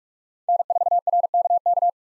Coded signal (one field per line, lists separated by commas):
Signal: Morse code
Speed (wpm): 43 wpm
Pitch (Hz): 700 Hz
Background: none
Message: N4RKK